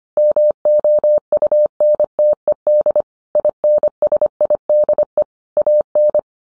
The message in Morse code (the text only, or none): MOUNTED INSIDE AN